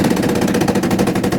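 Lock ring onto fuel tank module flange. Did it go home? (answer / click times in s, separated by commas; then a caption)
no / none. A metal lock ring is being tapped around onto the fuel pump module flange of a fuel tank on a 2008–2010 Ford F-250 with a 5.4L engine, during a fuel pump replacement. Dense, rapid metallic tapping runs throughout, with a sharper hit at about 0.7 s. The ring is still being worked around, and nothing has seated or clicked yet.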